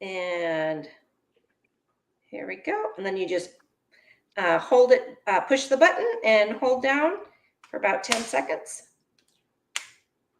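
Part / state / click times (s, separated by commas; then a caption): injector pen mechanism completing the dose / seated / 9.8 s. Someone talks while pressing and holding the button on a Mounjaro auto-injector pen for about 10 seconds. A sharp, loud second click at 9.8 s marks the end of the dose, confirming the injection is complete.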